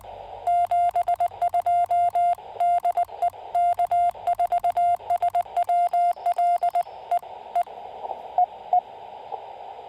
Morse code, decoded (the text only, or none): 72 DE K4SWL E E E E